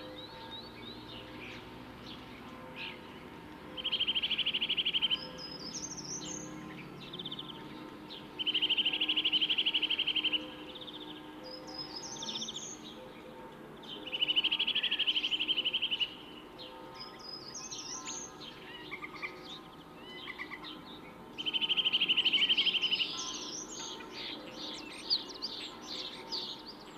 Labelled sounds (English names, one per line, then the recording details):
Short-toed Treecreeper song
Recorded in the wild
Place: Oberstdorf, Bayern, DE
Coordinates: 47.4099, 10.2798
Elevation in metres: 809
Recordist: Tretzel, Erwin